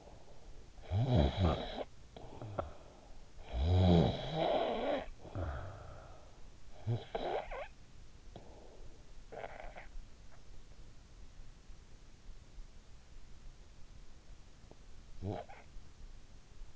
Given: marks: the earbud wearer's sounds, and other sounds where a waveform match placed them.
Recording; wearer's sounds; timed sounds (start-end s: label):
sounds in sleep by an in-ear microphone; snoring breath
0.45-3.13 s: snoring breath
3.25-10.02 s: snoring breath
15.00-15.91 s: snoring breath